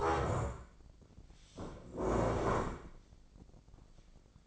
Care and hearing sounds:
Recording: daily activity, microphone in the room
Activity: stand up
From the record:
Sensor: 5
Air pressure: 1012.4 hPa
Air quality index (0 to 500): 152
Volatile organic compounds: 2 ppm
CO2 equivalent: 1045 ppm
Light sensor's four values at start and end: 273/653/278/310 and 275/658/281/313

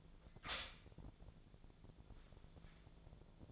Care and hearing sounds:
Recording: daily activity, microphone in the room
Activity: stop toaster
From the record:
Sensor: 5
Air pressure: 1000.3 hPa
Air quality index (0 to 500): 120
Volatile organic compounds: 1 ppm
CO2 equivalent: 953 ppm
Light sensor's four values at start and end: 86/202/86/94 and 86/202/86/93

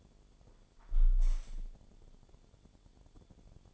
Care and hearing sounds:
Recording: daily activity, microphone in the room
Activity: close window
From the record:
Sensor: 5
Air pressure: 1015.0 hPa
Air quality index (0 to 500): 105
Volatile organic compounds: 2 ppm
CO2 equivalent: 1122 ppm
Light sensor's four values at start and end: 35/81/33/31 and 35/81/33/31

